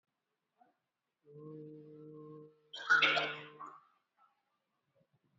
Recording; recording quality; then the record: sustained vowel as in boot; poor, much background noise or distortion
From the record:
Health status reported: exposed to COVID-19, no respiratory illness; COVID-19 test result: negative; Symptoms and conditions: cough, sore throat, fever, muscle pain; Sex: male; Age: 26 years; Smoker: no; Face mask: worn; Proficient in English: yes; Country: India